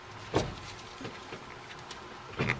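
The spark plug ignition wire boot for cylinder three on an Eclipse 2G is pushed onto its coil pack terminal. A dull bump sounds at about 0.4 s, then a sharp, short click at 2.5 s as the connector seats onto the coil pack.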